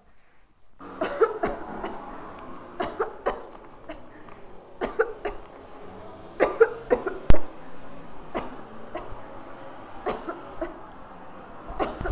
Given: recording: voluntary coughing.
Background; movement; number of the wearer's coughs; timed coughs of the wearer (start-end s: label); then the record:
traffic; walking; 15
0.97-1.40 s: cough
1.40-1.67 s: cough
1.77-2.09 s: cough
2.78-3.09 s: cough
3.24-3.44 s: cough
3.84-4.05 s: cough
4.80-5.13 s: cough
5.22-5.42 s: cough
6.37-6.69 s: cough
6.88-7.18 s: cough
8.34-8.57 s: cough
8.86-9.15 s: cough
10.04-10.39 s: cough
10.59-10.70 s: cough
11.77-11.95 s: cough
From the record:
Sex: female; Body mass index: 18.8 kg/m2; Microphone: on the chest, facing outward